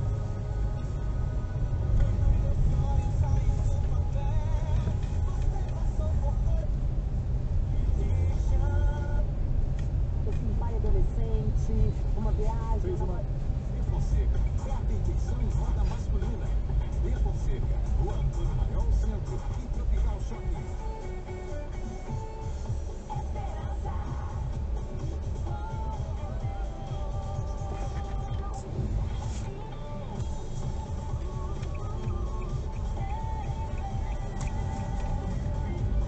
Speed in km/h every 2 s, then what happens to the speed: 18, 14, 12, 14, 15, 14, 13, 12, 11, 4, 0, 0, 0, 0, 0, 0, 0, 10.
0-3 slows to 12. 3-15 steady at about 13. 15-20 slows to 0. 20-32 standing. 32-36 pulls away to 10.